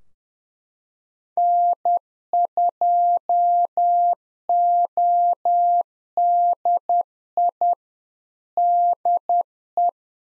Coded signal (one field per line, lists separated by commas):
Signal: Morse code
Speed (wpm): 10 wpm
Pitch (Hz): 700 Hz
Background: none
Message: N2ODI DE